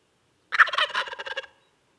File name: Meleagris gallopavo - Wild Turkey